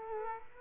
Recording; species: mosquito wingbeat signal from an infrared sensor; Aedes aegypti